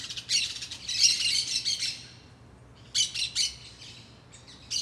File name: Periquitos Verdes Muito Marcados em Quadra Residencial de Brasilia